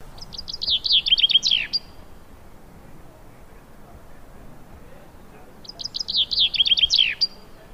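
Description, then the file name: Common chaffinch song, two full phrases about five seconds apart, each a rapid descending trill of crisp notes finishing with an emphatic falling flourish, quiet between them. "Fringilla coelebs"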